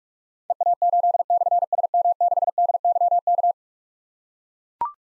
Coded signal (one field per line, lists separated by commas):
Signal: Morse code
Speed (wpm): 44 wpm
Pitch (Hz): 700 Hz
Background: none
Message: EA8/SM6DYK